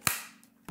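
A large second cleaning attachment is pushed onto a Dyson V11 cordless stick vacuum, and its plastic part snaps into place with a sharp, loud click at 0.1 s that rings briefly. A faint tick follows at about 0.4 s, and another sharp knock comes at 0.7 s. The attachment is seated.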